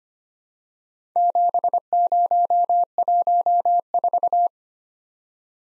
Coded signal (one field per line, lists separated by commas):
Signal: Morse code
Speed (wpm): 25 wpm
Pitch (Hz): 700 Hz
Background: none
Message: 7014